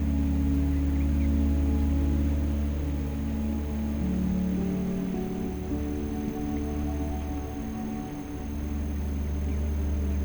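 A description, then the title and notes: Soft piano plays long, sustained low notes that blend into a steady wash of white noise. The held notes shift and change around the 2, 4 and 8 second marks, while a thin, constant high tone runs underneath throughout. Music: piano, ambient music, sleep music.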